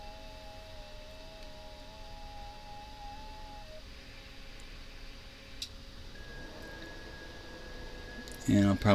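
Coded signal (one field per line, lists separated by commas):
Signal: FT8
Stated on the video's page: FT8 in Hound DXpedition mode using WSJT-X v2.6.1.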